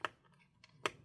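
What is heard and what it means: A screwdriver turns a small machine screw, screw number four, backwards in an internal bracket thread of a Lenovo ThinkPad P16 Gen 1 laptop. After a sharp tick at 0.1 s and a faint one at 0.6 s, a crisp click comes at 0.9 s as the thread drops into its start position. The screw is seated and ready to be driven in.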